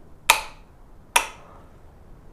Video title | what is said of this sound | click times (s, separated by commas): 2015 Triumph Street Triple 675 R OEM Frame Sliders | there's the click | 0.3 s